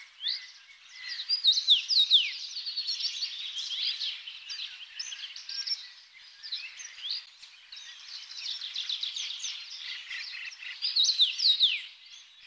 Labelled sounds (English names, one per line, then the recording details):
Common Rosefinch song
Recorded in the wild
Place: Pripyatskiy NP, BY
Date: 2005-05-25
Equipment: Minidisc Sony MZ-R35, Telinga DAT, Telinga-Parabolspiegel
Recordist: Schwarz, Dieter
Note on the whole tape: Song